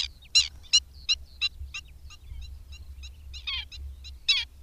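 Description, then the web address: Black-winged stilt giving harsh, irregular yapping notes, some louder and more strident, others softer, with a brief squabbling burst near the end; low hum beneath. "Madardalok Cd 3. Gólyatöcs"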